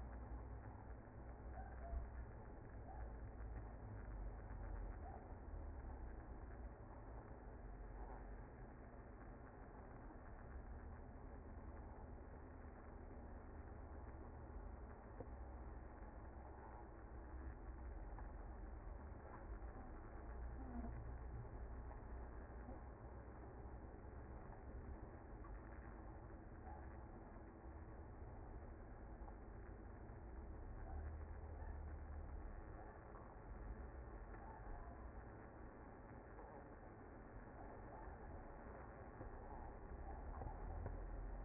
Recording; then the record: honeybee colony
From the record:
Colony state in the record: active